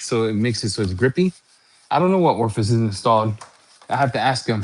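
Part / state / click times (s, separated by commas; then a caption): band or fitting on a pump sprayer bottle / not seated / none. Someone talks while handling the grippy band or fitting on a pump sprayer bottle with a weighted pickup tube, a band meant to click in so it won't move. The speech pauses briefly into near silence around 1.3–1.9 s, then resumes. Nothing has seated or clicked yet.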